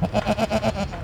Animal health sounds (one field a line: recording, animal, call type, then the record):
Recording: contact call of a hoofed animal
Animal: goat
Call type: low-frequency (closed-mouth) or high-frequency (open-mouth) call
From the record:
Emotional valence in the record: negative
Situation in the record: short social isolation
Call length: 1.04 s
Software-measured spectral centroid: 2040 Hz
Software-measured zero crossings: 1450 a second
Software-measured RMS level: -23 dBFS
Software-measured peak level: -9 dBFS